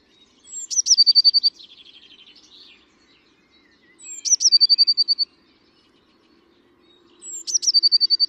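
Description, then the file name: Eurasian blue tit song: three phrases of a high descending note and fast trill, the first trailing into lower softer notes, in otherwise quiet surroundings. "Cyanistes caeruleus"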